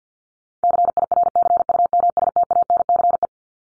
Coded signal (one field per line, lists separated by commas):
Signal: Morse code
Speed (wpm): 50 wpm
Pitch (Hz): 700 Hz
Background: none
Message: CIRCUMSTANCE